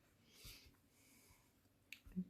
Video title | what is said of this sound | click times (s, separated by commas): STAMPIN' UP! Simply Succulent Tent Fold Card | and i'm cap this off and you wanna you heard that click you wanna make sure you | 1.9 s